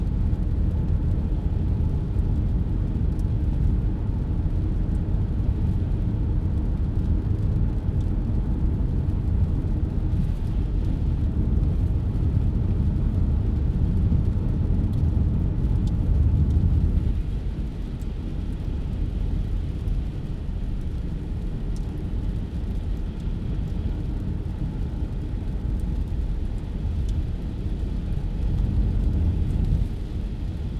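Rain patters on a car roof over a steady low road hum, easing slightly around seventeen seconds before building again near the end.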